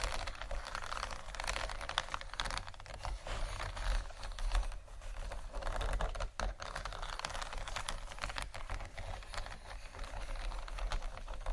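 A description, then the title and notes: Scratchy tapping goes on without pause, dense quick clicks and scrapes that sound bright, with a low hum underneath. ASMR For Sleep (tapping, Scratching, Scratchy Tapping) No Talking.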